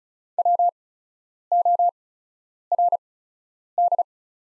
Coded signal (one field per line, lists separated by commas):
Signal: Morse code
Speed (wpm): 36 wpm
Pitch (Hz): 700 Hz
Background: none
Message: WORD